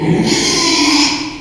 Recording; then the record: squeal of a Yucatan mini pig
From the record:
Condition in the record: after surgery on the right vocal fold (resection and tissue-engineered implant); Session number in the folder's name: 2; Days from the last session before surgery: 13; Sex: male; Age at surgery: 12 weeks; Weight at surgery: 13 kg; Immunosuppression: cyclosporine, prednisolone